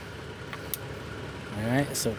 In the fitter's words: push that down and it's going to pop that back out